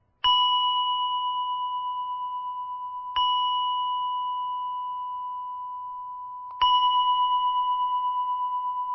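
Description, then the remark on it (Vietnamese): A temple bell is struck gently three times, a few seconds apart. Each strike blooms into a steady, mid-pitched ringing tone with bright overtones that hums on and fades slowly. No one speaks. “Cho cái người thỉnh chuông lên là phải nhẹ nhàng 3 tiếng.”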